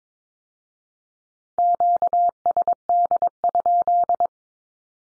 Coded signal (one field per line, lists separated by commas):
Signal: Morse code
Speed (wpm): 22 wpm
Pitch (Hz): 700 Hz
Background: none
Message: QSD?